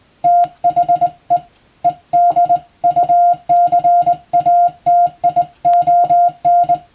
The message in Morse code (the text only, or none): THE EDUCATION